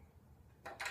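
A tuba piston valve is rotated in its metal casing until its guide lines up, then drops down into place with a single short knock at 0.7 s, followed by further brief rustling. The valve is seated and properly aligned in the valve casing.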